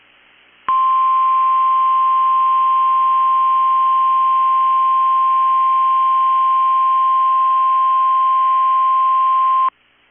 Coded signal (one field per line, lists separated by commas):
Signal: Emergency Alert System (SAME) tones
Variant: 1050 Hz attention tone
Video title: 9/14/22 - KEC65 Required Weekly Test (EAS #653)